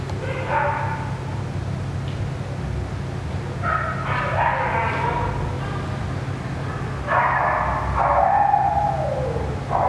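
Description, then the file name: Dog crying with a few irregular whines, the last one long and falling, over a persistent low mechanical hum. Dog crying near a ventilation system. "a dog crying near a ventilation system"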